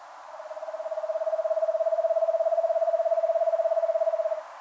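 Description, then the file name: Eastern screech owl giving a long monotone trill, rapid pulsed whistles that swell in loudness, hold level, then stop abruptly after about four seconds. "Eastern Screech Owl Megascops asio"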